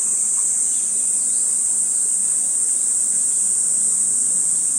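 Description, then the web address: Kaempfer's cicada singing a continuous, even, high-pitched shrill drone with no breaks, the only clear sound present. Japanese name niiniizemi; dated 16 July 2014. "birdenaga niiniizemi 140716"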